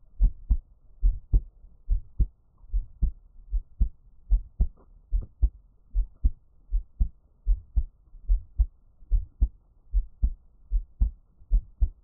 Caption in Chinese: 獻上我的心跳 | Give my Heartbeat | NO Talking。